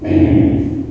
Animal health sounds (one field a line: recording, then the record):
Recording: squeal of a Yucatan mini pig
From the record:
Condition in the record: before surgery on the right vocal fold (resection and tissue-engineered implant)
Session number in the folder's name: 1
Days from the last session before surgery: -21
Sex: female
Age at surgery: 19 weeks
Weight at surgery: 25 kg